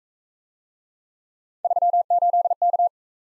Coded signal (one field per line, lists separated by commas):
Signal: Morse code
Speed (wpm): 43 wpm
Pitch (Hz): 700 Hz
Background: none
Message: 38K